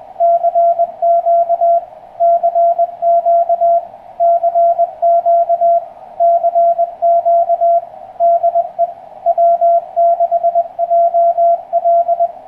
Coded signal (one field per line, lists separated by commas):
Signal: Morse code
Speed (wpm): 22 wpm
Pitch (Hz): 690 Hz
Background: none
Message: CQ CQ CQ CQ DE W6JL